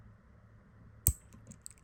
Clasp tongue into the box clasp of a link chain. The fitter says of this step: nice click and